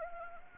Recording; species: mosquito wingbeat signal from an infrared sensor; Anopheles gambiae